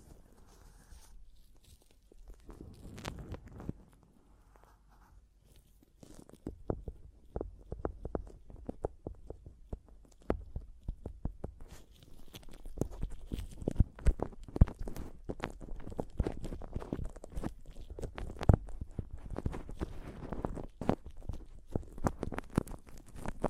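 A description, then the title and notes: Dry tapping and scratching on a microphone, starting sparse and quiet with a soft low rumble, then growing denser and louder after about six seconds. Quick irregular taps and crisp scrapes pile up through the second half, bright and crackly, with no other sounds around them. ASMR Mic Tapping and Scratching (No Talking).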